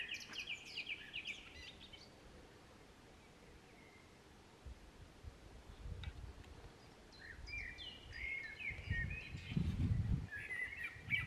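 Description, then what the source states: Common blackbird song in two bursts of fluty warbling, one at the start and one near the end, with a mostly quiet pause between and a low rumble in the background. Singing in a park, May 2021.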